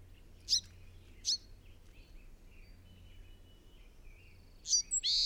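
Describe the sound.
Bird song: a few short, very high chirps, two early and a quick burst near the end, over a low, steady background hum.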